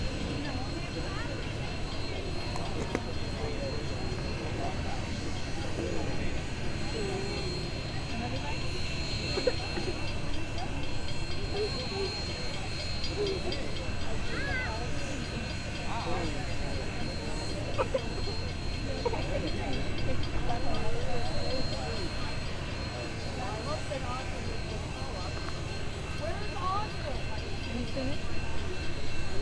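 Union Pacific No. 844 sits at the First Street crossing, a steady low rumble running under the whole stretch. Many voices talk over it, a dense crowd murmur with scattered louder words. The level stays even, swelling slightly around twenty seconds.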